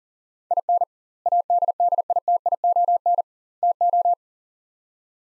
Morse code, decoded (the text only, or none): IN ADDITION TO